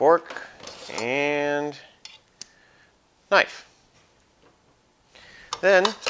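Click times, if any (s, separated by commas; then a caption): 2.1 s, 2.4 s. Someone talks while unfolding the handle of a folding camping knife into its locked open position. Two sharp ticks are heard at 2.1 s and 2.4 s as the handle locks into place.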